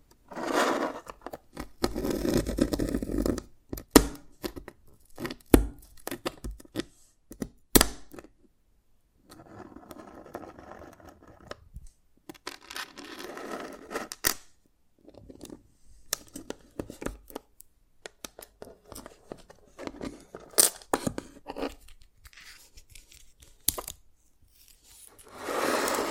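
Dalgona candy being tapped and cracked, with sharp clicks and snaps scattered irregularly through the clip. Between the hits come brief scraping, crinkling stretches, and the busiest rustling lands at the start and again near the end.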